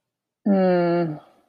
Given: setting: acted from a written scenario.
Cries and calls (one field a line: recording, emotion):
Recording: vocal sound without words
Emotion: embarrassment